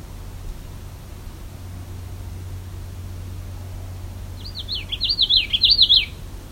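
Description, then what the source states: Common Yellowthroat song, one fast rolling series of repeated warbling phrases arriving near the end after quiet background hiss and low hum. Recorded in the field near a lake; the bird came very close to the recorder.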